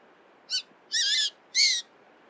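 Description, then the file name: Eurasian jay uttering three harsh screeches in quick succession, the first short and clipped, the next two longer and grating, against low background noise. "Garrulus glandarius"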